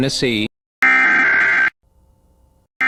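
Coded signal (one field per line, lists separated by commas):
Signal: Emergency Alert System (SAME) tones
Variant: header bursts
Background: speech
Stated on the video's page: Mock recreation of an EAS hurricane warning.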